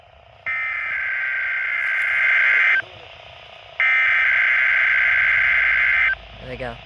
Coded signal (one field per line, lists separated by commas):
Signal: Emergency Alert System (SAME) tones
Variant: header bursts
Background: speech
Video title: WELL HELLO WAKEFIELD?! KJY99 RWT??? EAS #191